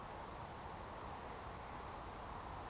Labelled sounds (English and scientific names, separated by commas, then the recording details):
Eurasian Woodcock (Scolopax rusticola) whistle
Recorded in Baden-Württemberg, Germany, on 14 June 2020 at 20:12 UTC
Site 43791, 788 m above sea level